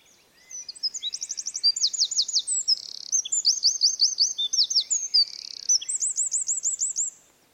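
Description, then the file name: Eurasian wren singing one long, rapid outpouring of piercing high notes, mixing trills, buzzes and rolling phrases for nearly seven seconds, then stopping abruptly. "Troglodytes troglodytes"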